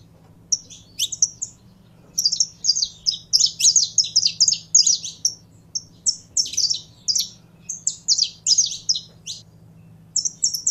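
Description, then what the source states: Canary song of bright, high, rapid chirps strung into lively phrases separated by short pauses, over a faint low hum. Pure Belgian canary breed.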